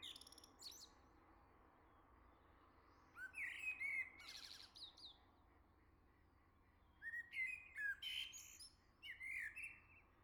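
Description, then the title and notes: Common blackbird giving a brief fragment, then two song phrases a few seconds apart, each a short warble of fluty notes trailing into shrill, scratchy twitters. "Le Merle salue l'été, 3 Gd Rue de Chassagne, 17220 La Jarrie, France. Quel Sol!!!! pour saluer l'arrivée de l'été ce matin! Merci Jolie Merle de tes vocalises à proximité!"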